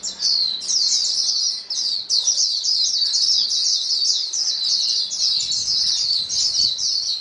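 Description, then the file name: White-eye chorus: dense, continuous high twittering and tumbling chirps from many birds at once, with brief dips around two seconds and a faint low hum underneath. Many white-eyes singing together as a chorus; known locally as pleci. "paduan suara pleci"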